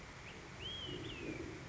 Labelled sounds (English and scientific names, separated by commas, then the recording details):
Olive-sided Flycatcher (Contopus cooperi)
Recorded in Sonoma County, California